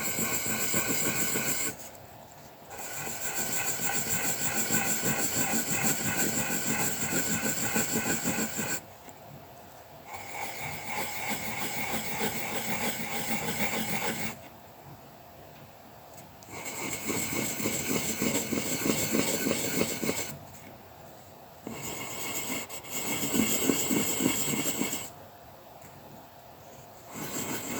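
Dry scratching of a colouring pencil on paper in dense circular strokes, coming in bursts several seconds long separated by brief quiet pauses.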